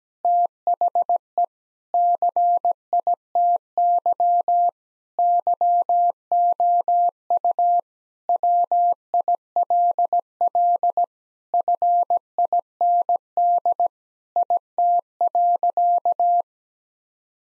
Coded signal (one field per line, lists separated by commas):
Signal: Morse code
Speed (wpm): 17 wpm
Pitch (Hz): 700 Hz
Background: none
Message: THE CITY YOU WILL FIND IT.